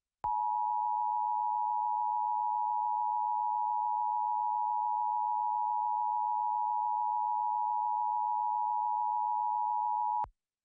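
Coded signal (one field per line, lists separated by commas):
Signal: Emergency Alert System (SAME) tones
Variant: 853 and 960 Hz attention tone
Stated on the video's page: Fictional EAS scenario about an alien invasion.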